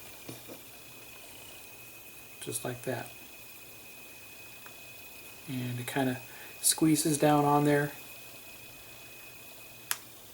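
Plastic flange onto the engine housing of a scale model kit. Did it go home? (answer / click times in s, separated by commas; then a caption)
yes / 9.9 s. A plastic flange is slid over the engine housing of a 1:8 scale IXO Collections Willys MB Jeep model kit and squeezed down while someone talks. It snaps into place with a single sharp click at 9.9 s, and the flange is seated.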